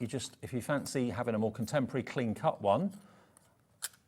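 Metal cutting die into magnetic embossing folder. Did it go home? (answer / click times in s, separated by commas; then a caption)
yes / 3.8 s. Someone talks, then a thin metal cutting die shaped as a contemporary straight-edged tree is pressed onto a plastic embossing folder with built-in magnets. A short, sharp click sounds at 3.8 s as the die snaps into its recess and is seated in the right place.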